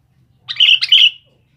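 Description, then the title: Sooty-headed bulbul giving a single short, bubbly two-part phrase of bright chirping notes, with a quiet low hum underneath. "Kutilang"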